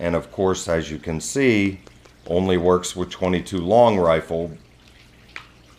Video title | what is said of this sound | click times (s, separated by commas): Which AR Pistol Brace should I buy (GOPR0445) | But it pushes down, locks in place when it's open, | 5.4 s